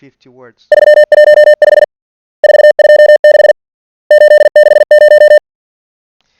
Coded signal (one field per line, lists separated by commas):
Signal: Morse code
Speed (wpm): 46 wpm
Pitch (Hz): 600 Hz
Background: speech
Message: 315 426 860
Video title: Learn Morse Code on the go! Free, easy to use... no excuses to NOT learn CW!